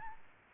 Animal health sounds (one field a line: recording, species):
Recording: mosquito wingbeat signal from an infrared sensor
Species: Aedes albopictus